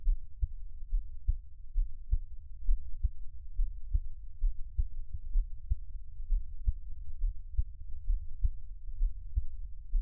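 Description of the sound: Soft, regular low thumps at about 65 a minute: an adult's own heartbeat recorded up close for ASMR, with no talking and a faint low hum.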